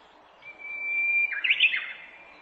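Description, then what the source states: Japanese bush warbler: a drawn-out pure whistled note, then an emphatic quick warbled flourish at the end. Recorded 18 April 2008.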